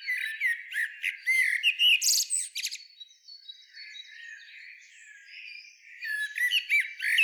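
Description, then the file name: Common blackbird calls in quick squeaky, chirping bursts, one harsh rasping note, then a calmer stretch of faint high tones before more twittering. "Turdus merula"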